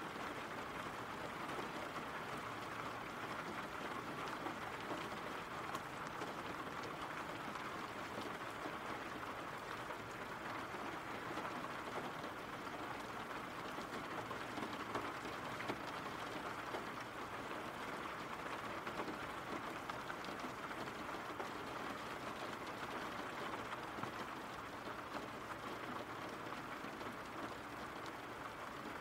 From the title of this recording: RAIN SOUNDS